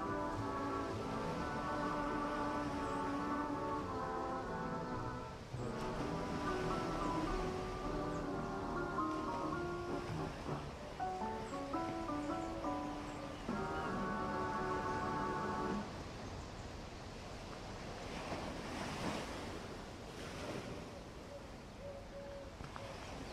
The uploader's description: ocean waves w/ birds, seagulls